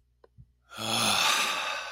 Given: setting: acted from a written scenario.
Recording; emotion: vocal sound without words; guilt